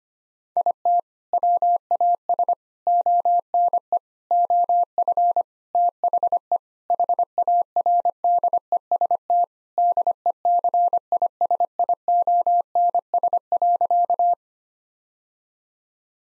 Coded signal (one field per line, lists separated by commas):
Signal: Morse code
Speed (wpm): 25 wpm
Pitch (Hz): 700 Hz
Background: none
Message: IT WAS ONE OF THE HARDEST DECISIONS.